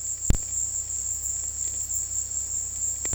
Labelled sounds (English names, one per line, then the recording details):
none
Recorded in dense forest near Puerto Asís, Putumayo, Colombia, on 19 February 2024 at 16:30
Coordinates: 0.485, -76.322
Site G6406